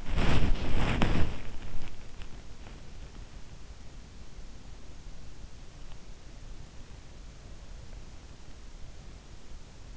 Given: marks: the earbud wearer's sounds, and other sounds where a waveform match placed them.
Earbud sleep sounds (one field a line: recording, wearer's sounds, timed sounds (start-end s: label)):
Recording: sounds in sleep by an in-ear microphone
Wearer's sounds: body movement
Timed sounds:
0.00-1.96 s: body movement